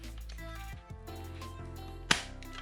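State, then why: Seated. A plastic part of a transforming-robot toy is pushed into its slot during the jet transformation, after the landing gear has been folded up. Over steady background music, a single sharp click sounds at 2.1 s as the part seats into place.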